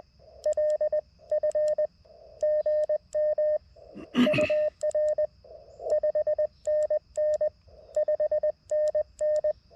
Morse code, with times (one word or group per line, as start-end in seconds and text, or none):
0.5-1.9 LF
2.4-3.6 GM
4.3-5.2 UR
5.9-7.5 5NN
8.0-9.5 5NN